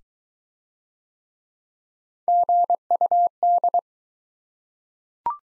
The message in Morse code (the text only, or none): GUD